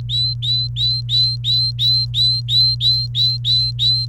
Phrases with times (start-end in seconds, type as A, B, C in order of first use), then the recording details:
0.00-4.06 A. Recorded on 29 April 2018 at 08:39. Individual llb3